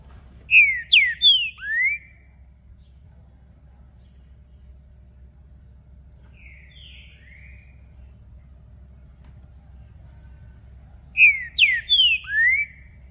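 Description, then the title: Green-winged saltator singing phrases of four or five strong descending whistles, a softer two-note phrase midway, then another full phrase after a pause. Green-winged saltator (trinca-ferro) calling and singing, used to warm up a bird for singing contests; several song types. "ESQUENTAR Seu TRINCA Piando, Cantando E Macheando Na DISPUTA. Trinca Ferro VALENTE! VIRANDO VARIOS TIPOS DE CANTOS!! Melhor para ABRIR O CANTO!!"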